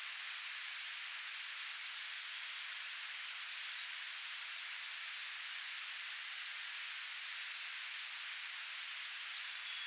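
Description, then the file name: Kaempfer cicada buzzing without a break, an even, high, hiss-like drone that steps slightly higher near the middle. "Platypleura kaempferi"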